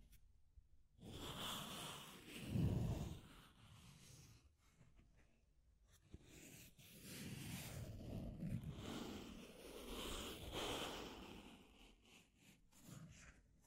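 Deep scratching runs in rough, dense bursts, with strong low rumbling scrapes around two to three seconds and again from about six to eleven seconds. Short quiet gaps separate the passages, and a brighter gritty hiss rides on top of the strokes.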